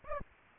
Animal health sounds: mosquito wingbeat signal from an infrared sensor; Aedes aegypti

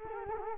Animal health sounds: mosquito wingbeat signal from an infrared sensor; Culex quinquefasciatus

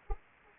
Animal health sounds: mosquito wingbeat signal from an infrared sensor; Anopheles arabiensis

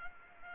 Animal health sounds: mosquito wingbeat signal from an infrared sensor; Culex pipiens

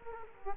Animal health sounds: mosquito wingbeat signal from an infrared sensor; Culex quinquefasciatus

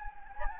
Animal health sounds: mosquito wingbeat signal from an infrared sensor; Anopheles gambiae

